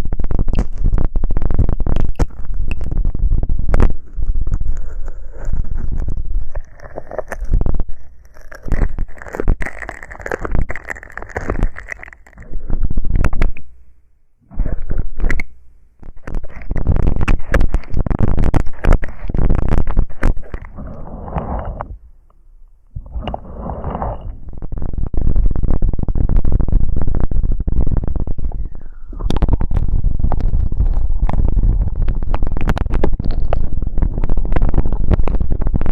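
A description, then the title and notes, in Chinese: Ear cleaning with no voice: dense scratching, rubbing and soft crackling fill most of the clip, with bursts of brighter rasping. Short quiet gaps break it around 14 and 22 seconds, and a low rumble sits underneath throughout. 掏耳无人声助眠。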